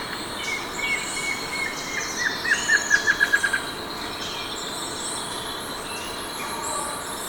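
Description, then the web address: Plain Antvireo song: a run of clear notes that quickens and slides gently downward, ending about three and a half seconds in, with buzzing insects throughout. Recorded in Ecuador. "Birds of Ecuador 2. Plain Antvireo"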